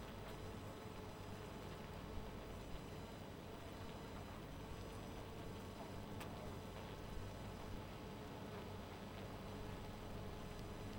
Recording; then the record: honeybee colony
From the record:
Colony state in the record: missing queen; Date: 14 July 2017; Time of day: 0:36